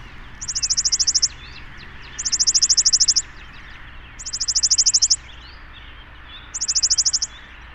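Bird singing short bursts of high, fast, even trilling, each near a second long, coming about every two seconds over soft background chirps.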